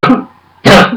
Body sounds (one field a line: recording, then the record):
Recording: coughing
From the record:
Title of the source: Barking cough - # 10